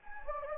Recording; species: mosquito wingbeat signal from an infrared sensor; Anopheles gambiae